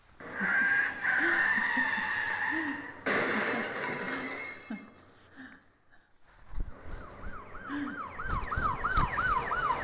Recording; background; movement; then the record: laughter; traffic; sitting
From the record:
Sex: female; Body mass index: 25.5 kg/m2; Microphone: on the chest, facing outward